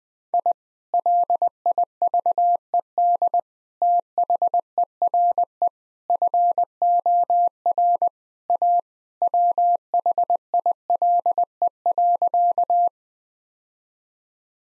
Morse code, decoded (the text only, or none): I LIVED THERE FOR A WHILE.